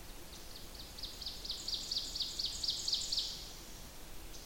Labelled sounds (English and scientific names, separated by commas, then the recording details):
Ovenbird (Seiurus aurocapilla) song
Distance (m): 40 m
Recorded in boreal forest in Alberta, Canada, on 21 June 2016 at 05:42
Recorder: SongMeter 3, array SBT-6-81
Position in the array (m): 13 m, 88 m
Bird 24